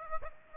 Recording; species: mosquito wingbeat signal from an infrared sensor; Aedes aegypti